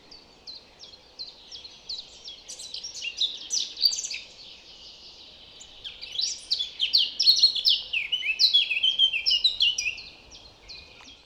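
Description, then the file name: Eurasian blackcap song: fast, high, scratchy twittering phrases in two bursts. The second burst is louder and more varied. A low steady background hiss runs throughout. "Sylvia atricapilla"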